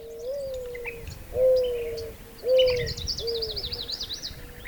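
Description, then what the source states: Mourning Dove cooing: low, soft, drawn-out notes, the first gently rising then sliding down, followed by three more mellow coos, while another bird twitters a high, quick trill. Haunting sound; year-round resident in the region and most of the country; heard in the early morning and more often in the summer months.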